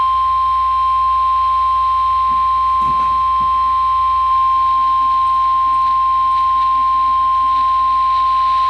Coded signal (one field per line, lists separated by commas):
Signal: Emergency Alert System (SAME) tones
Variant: 1050 Hz attention tone